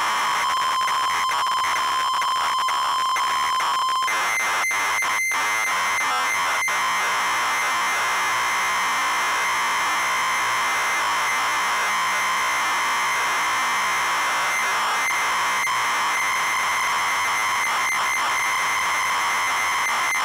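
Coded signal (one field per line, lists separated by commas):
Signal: ZX Spectrum tape loading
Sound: a steady high lead tone for about four seconds, then harsh buzzing, screeching data noise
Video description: Loading of game Underwurlde on real ZX spectrum +2 with RGB link.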